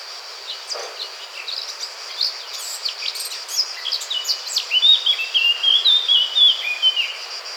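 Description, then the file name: Eurasian blackcap warbling, a rapid run of varied high chirps and twittering notes building toward the end, with scattered faint chirps and a steady hiss of background noise. "Sylvia atricapilla"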